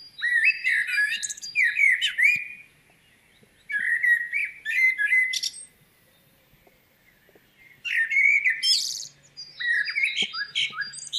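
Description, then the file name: Common blackbird singing several mellow whistled phrases with squeaky, chattering high endings, separated by short pauses. "Turdus merula"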